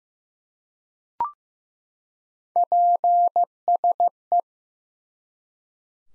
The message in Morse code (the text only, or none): PSE